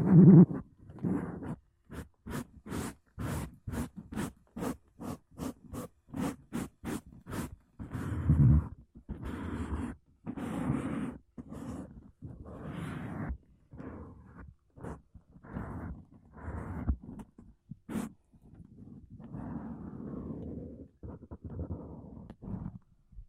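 Makeup brushes and a sponge brush across a microphone in quick, regular strokes, each a short rustling burst of soft scratchy noise. For the first eight seconds the strokes come fast and evenly. After that they grow longer and more uneven, with dull, muffled scrubbing passages.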